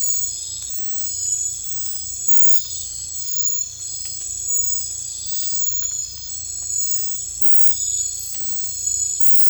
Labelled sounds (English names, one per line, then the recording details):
none
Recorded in secondary vegetation near Puerto Asís, Putumayo, Colombia, on 18 December 2024 at 00:00
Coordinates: 0.499, -76.323
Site G010